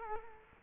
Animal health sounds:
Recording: mosquito wingbeat signal from an infrared sensor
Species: Culex quinquefasciatus

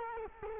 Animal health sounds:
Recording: mosquito wingbeat signal from an infrared sensor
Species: Culex quinquefasciatus

